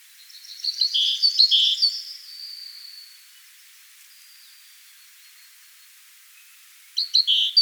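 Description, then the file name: Great tit calling with a high chirping run ending in churring buzzy notes, then a long quiet gap before a short burst of similar harsh notes. "Parus major"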